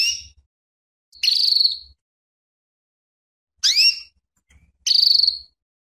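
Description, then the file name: Canary calls: a buzzy note, a pause, then a sharp sweeping chirp and another buzzy note; faint low knocks in the background. Female canary, calling in the state known in Indonesian as lenjeh. "suara kenari betina lenjeh"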